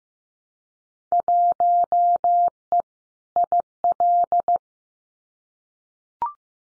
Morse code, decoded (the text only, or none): 1E IL